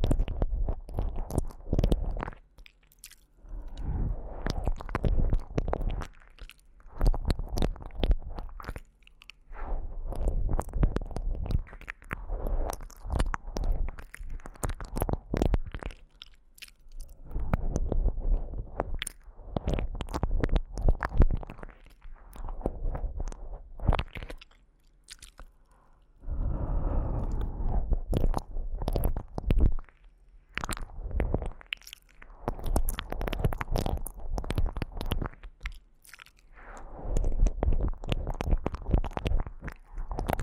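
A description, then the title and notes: Wet ear licking and tongue clicks come in bursts of a few seconds, with soft breathy exhales, short silent gaps, and a low rumbling undertone. ASMR×KU100. 彈舌含耳呼氣．耳舐め | Ear Licking | NO Talking.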